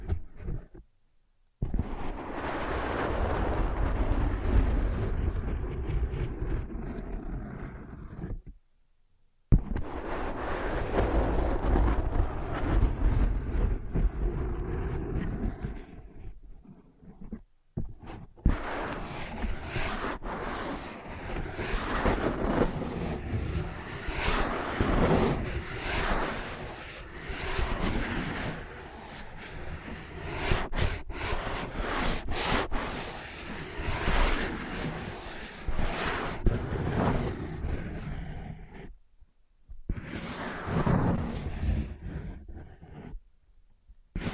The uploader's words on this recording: ASMR Using Ear Pads as Your Ears Tapping, Scratching, Tracing (No Talking).